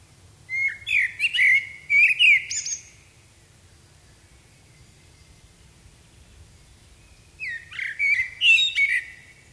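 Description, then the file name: Common blackbird singing two warbled, flute-like phrases with high twittery endings, separated by a long silent pause. "Turdus merula"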